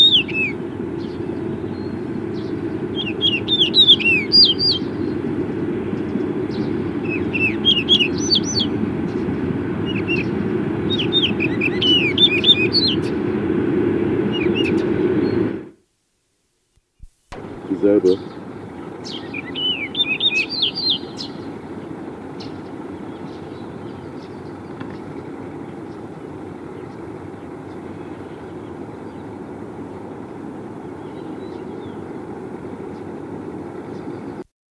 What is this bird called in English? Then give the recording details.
Yellow-breasted Bunting. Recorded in the wild. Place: Ulan Bator, MN. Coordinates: 47.886, 106.906. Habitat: Park. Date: 1979-06-05. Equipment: Nagra III BH, Sennheiser MD 21, parabola. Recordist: Schubert, Michael. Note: Gesang Weidenammer